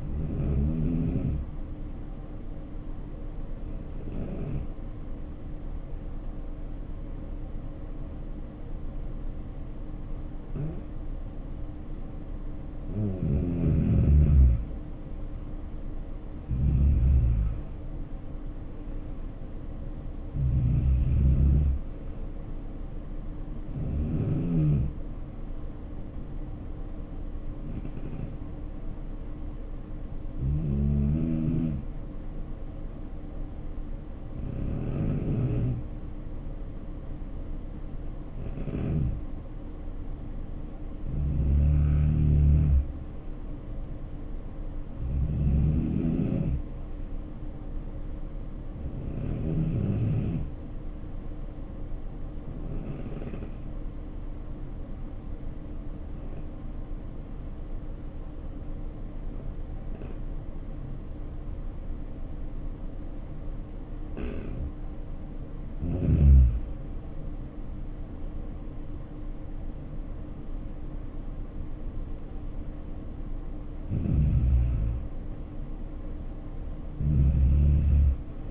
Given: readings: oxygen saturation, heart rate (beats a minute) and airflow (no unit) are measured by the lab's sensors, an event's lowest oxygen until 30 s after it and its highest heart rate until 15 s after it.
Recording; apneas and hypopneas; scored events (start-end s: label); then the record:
breathing in sleep by a smartphone at the bedside; 3
4.00-14.70 s: hypopnea (N2, oxygen 93% highest, then 85% lowest, heart rate 70 at the start, 74 highest)
32.00-44.50 s: hypopnea (N2, oxygen 94% highest, then 85% lowest, heart rate 66 at the start, 73 highest)
52.00-67.10 s: hypopnea (N2, oxygen 93% highest, then 80% lowest, heart rate 66 at the start, 76 highest)
From the record:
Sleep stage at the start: N2 (light sleep); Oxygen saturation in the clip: 83 to 94%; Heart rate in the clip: 61 to 76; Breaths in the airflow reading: 15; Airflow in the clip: -7.6 to 7.2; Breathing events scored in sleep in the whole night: 520 in 7.2 hours asleep